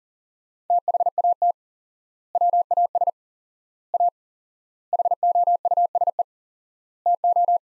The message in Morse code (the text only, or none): THAT WAS A HOUSE TO